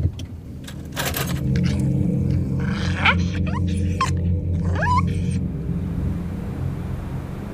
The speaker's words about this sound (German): Das war irgendein Tier. Da. Da hinten bewegt sich was. Ist es ein Fuchs? Ausgerechnet ein Fuchs.